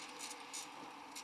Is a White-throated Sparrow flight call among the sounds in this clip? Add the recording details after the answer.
no. No flight call is heard. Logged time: 01:39 on 13 December 2014